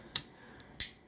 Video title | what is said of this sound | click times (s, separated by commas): Dyson Cinetic Big Ball In-Depth Review - The Forgotten Flagship! (UP14/DC75/DC77) | and it clicks into place and i can push this brush tool up if i want to use the brush | 0.8 s